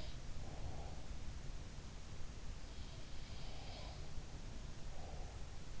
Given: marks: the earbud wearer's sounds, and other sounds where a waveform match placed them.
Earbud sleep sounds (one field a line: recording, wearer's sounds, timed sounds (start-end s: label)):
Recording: sounds in sleep by an in-ear microphone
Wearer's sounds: breath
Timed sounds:
0.22-1.11 s: breath
3.32-4.17 s: sound from someone else or the room
4.53-5.71 s: breath